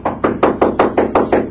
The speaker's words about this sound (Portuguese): alguém bate à porta do trailer de Gino